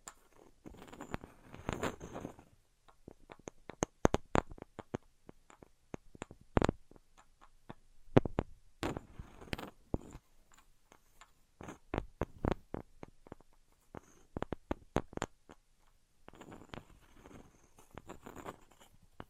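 Objects of wood, cork, sponge, foam, glass and plastic are handled and struck against one another in short, irregular bursts. Sharp clicks and knocks alternate with softer rubbing and scraping, with dense clusters near the start, middle and end and brief quiet gaps between.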